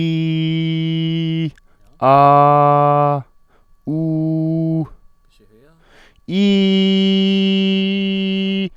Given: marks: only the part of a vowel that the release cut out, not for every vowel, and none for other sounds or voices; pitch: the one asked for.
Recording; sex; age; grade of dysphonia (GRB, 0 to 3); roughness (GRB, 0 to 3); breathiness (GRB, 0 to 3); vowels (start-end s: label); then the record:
sustained vowels; male; 20 to 29 years; 0; 0; 0
0.00-1.33 s: vowel /i/, normal pitch
2.10-3.09 s: vowel /a/, normal pitch
3.95-4.73 s: vowel /u/, normal pitch
7.01-8.53 s: vowel /i/, high pitch
From the record:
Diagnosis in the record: healthy voice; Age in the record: 29 years